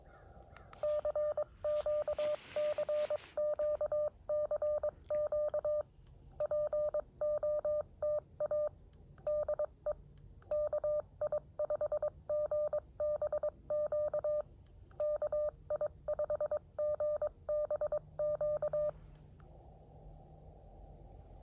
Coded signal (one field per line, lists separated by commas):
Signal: Morse code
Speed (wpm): 22 wpm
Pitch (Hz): 600 Hz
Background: none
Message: CQ CQ CQ POTA DE KI5GBQ KI5GBQ